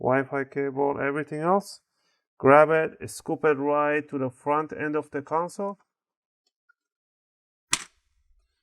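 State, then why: Seated. Someone talks while handling a game console, then a plastic bottom cover is brought down and pushed onto the console chassis. A sharp click is heard at 7.7 seconds as its clips engage and the cover seats in place.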